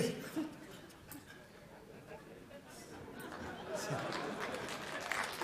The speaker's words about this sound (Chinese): 您就别给他鼓掌了